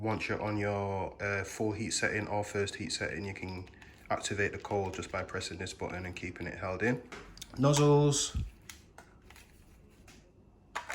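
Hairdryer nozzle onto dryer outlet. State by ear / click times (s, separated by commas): seated / 10.8 s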